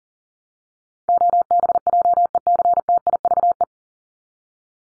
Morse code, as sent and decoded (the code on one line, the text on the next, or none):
--- -... .--- . -.-. - .. ...- .
OBJECTIVE